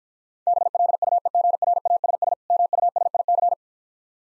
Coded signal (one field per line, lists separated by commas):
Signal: Morse code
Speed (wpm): 49 wpm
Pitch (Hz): 700 Hz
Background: none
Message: BLUEGRASS MUSIC